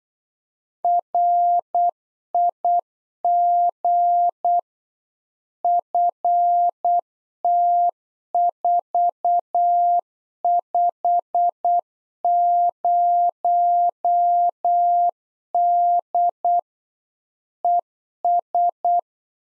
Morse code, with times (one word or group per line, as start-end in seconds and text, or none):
0.8-4.6 RIG
5.6-16.6 FT450D
17.6-19.0 ES